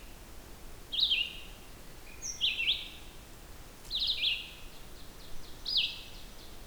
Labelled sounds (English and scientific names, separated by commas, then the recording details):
Red-eyed Vireo (Vireo olivaceus) song
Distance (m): 15 m
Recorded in boreal forest in Alberta, Canada, on 16 June 2016 at 08:30
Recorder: SongMeter 3, array SBT-3-32
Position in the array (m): 47 m, 12 m